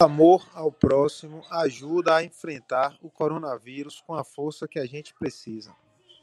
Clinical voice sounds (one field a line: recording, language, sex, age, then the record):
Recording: spoken sentence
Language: Brazilian Portuguese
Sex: male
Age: 40 to 49 years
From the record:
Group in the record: control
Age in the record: 42 years